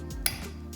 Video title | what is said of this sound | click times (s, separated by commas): PEOPLE PLEASING GEM - ORMONDE JAYNE MONTABACO VERANO FRAGRANCE REVIEW | As you can see right there, a really satisfying click. | 0.3 s